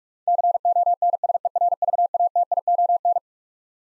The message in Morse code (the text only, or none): CONSERVATION